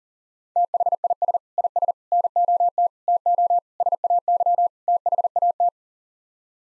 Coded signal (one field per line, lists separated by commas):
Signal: Morse code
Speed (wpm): 40 wpm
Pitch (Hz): 700 Hz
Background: none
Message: THIS IS NOT TO SAY THAT